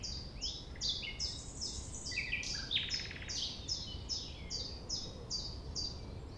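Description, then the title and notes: Common nightingale giving a short dry pulsed trill amid a steady series of repeated high downslurred notes, with low background hum. Recorded at 6 a.m. at sunrise near the Thève at Champ de Ménage; the nightingale sings without waiting for silence. "6 A.M. Lever du soleil non loin de la Thève au Champ de Ménage. Le rossignol n'attend pas le silence."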